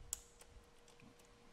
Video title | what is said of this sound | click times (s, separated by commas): INFUSION20: Polypropylene Hot Tapping | slides into and you can hear it click into place | 0.1 s